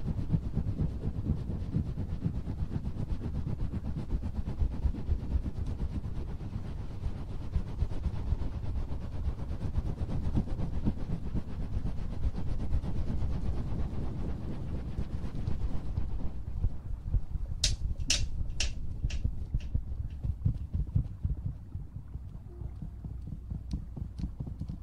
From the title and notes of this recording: ASMR Ear cleaning & Ear massage.